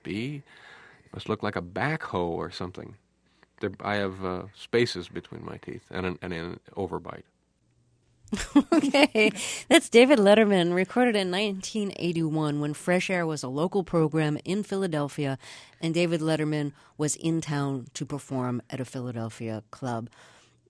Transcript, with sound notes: must look like a backhoe or something. I have spaces between my teeth and an overbite.
(LAUGHTER)
OK. That's David Letterman recorded in 1981 when FRESH AIR was a local program in Philadelphia and David Letterman was in town to perform at a Philadelphia club.